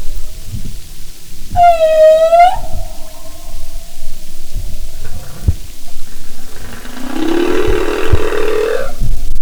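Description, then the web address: Humpback whale song units: a tonal moan with rich harmonics near two seconds, a faint steady tone, then a broad rising groan near the end, over underwater clicks and crackle. "Sound and Marine Mammals humpback"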